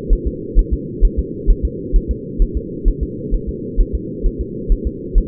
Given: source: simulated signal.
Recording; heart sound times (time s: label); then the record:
fetal heart sounds
0.13 s: S1
0.27 s: S2
0.59 s: S1
0.73 s: S2
1.05 s: S1
1.19 s: S2
1.50 s: S1
1.65 s: S2
1.96 s: S1
2.11 s: S2
2.42 s: S1
2.57 s: S2
2.88 s: S1
3.03 s: S2
3.34 s: S1
3.49 s: S2
3.81 s: S1
3.95 s: S2
4.26 s: S1
4.41 s: S2
4.72 s: S1
4.87 s: S2
5.18 s: S1
From the record:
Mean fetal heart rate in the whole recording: 130 bpm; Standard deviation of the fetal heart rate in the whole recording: 2 bpm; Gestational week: 38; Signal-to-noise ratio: -4.1 dB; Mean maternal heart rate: no maternal heart sound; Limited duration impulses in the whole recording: absent